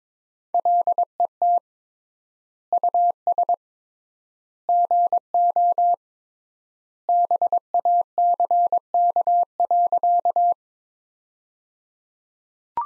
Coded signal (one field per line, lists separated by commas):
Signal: Morse code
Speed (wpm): 22 wpm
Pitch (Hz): 700 Hz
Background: none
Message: LET US GO BACK.